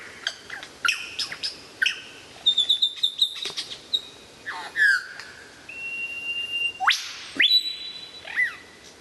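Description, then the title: White-rumped shama song of quick harsh chips, a rapid high trill, then long clear whistles and sweeping slurs, the phrases changing constantly. Murai batu song, 2014. "mster Mnuk. Mastering Murai Batu"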